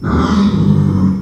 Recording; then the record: squeal of a Yucatan mini pig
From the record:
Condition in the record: after surgery on the right vocal fold (resection and tissue-engineered implant); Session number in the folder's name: 13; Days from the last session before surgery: 113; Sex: female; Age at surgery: 19 weeks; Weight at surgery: 25 kg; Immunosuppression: prednisolone